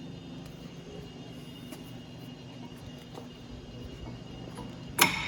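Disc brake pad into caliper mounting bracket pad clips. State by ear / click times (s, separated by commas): seated / 5.0 s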